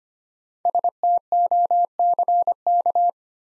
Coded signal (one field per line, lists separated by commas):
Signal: Morse code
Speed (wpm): 25 wpm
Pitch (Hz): 700 Hz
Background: none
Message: STOCK